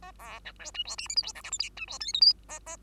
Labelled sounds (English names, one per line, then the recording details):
Bengalese Finch song
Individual Bird2